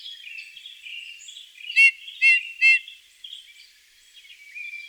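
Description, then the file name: Eurasian bullfinch calls: three loud, short, harmonic notes in quick succession, over faint background noise. "Pyrrhula pyrrhula"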